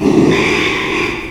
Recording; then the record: squeal of a Yucatan mini pig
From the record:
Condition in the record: after surgery on the right vocal fold (resection and tissue-engineered implant); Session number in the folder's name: 1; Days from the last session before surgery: 6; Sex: male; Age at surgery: 12 weeks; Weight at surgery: 13 kg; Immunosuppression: cyclosporine, prednisolone